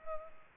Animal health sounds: mosquito wingbeat signal from an infrared sensor; Culex pipiens

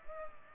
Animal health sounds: mosquito wingbeat signal from an infrared sensor; Culex pipiens

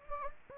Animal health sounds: mosquito wingbeat signal from an infrared sensor; Anopheles gambiae

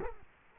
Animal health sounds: mosquito wingbeat signal from an infrared sensor; Culex quinquefasciatus

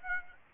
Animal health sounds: mosquito wingbeat signal from an infrared sensor; Aedes aegypti

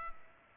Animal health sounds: mosquito wingbeat signal from an infrared sensor; Culex pipiens

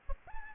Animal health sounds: mosquito wingbeat signal from an infrared sensor; Aedes albopictus

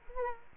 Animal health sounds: mosquito wingbeat signal from an infrared sensor; Culex quinquefasciatus

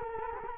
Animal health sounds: mosquito wingbeat signal from an infrared sensor; Culex quinquefasciatus

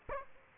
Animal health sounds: mosquito wingbeat signal from an infrared sensor; Aedes aegypti

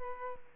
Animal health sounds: mosquito wingbeat signal from an infrared sensor; Culex pipiens

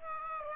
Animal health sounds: mosquito wingbeat signal from an infrared sensor; Aedes aegypti

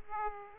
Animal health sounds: mosquito wingbeat signal from an infrared sensor; Aedes aegypti

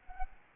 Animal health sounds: mosquito wingbeat signal from an infrared sensor; Anopheles arabiensis

